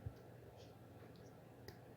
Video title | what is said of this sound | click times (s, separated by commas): Sensor ABS Renegade 1.8 Diagnóstico FÁCIL e Troca na Garagem de casa VEJA Como FAZER a Troca | ó tá vendo a travinha aqui travou ó no novo ó tá | 1.7 s